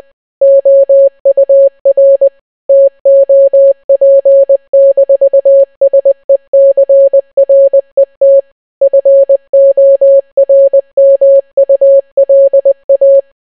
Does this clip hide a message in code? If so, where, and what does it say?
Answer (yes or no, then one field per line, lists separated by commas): yes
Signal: Morse code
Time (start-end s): 0.4-13.2 s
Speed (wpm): 20 wpm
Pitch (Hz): 550 Hz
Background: none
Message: OUR TOP-SECRET FORMULA